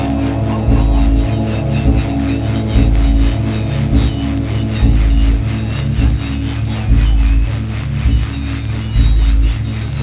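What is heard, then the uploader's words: Shortwave radio noise with a thick, steady low drone and layered hum tones underneath a rough, hissy wash that cuts off above the mid-highs. A deep pulsing tone throbs at a regular pace, roughly every second, beating steadily through the whole stretch. A short relay of the strange, haunting and ghost-like night life of shortwave radio.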